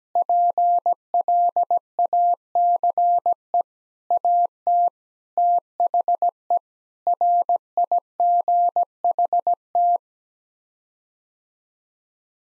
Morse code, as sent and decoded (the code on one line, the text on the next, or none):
.--. .-.. .- -.-. . / .- - / - .... . / .-. .. --. .... -
PLACE AT THE RIGHT